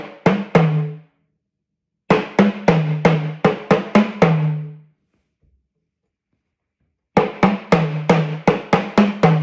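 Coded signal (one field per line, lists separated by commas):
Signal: talking drum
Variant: Yoruba sakara drum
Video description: Playing "Ọsan gangan ni aṣa o gbe" with the Yoruba Orunsha Sakara talking drum by Jammal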